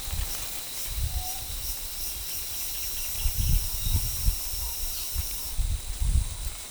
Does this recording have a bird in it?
no